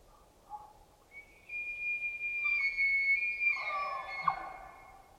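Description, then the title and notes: Roosevelt elk bugle, faint low notes giving way to a long, high, thin whistled tone held for several seconds, ending in a rougher burst, over a soft background wash. Distant bugling in the Queets and Quinault rainforest river valleys, late September 2023; river wash in background; field recorders left where herds migrate. "Roosevelt Elk, or Rainforest Elk or Olympic Elk"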